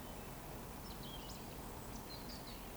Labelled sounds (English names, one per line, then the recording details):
Eurasian Woodcock whistle
Eurasian Woodcock chase call
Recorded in Baden-Württemberg, Germany, on 11 June 2020 at 19:38 UTC
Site 14569, 102 m above sea level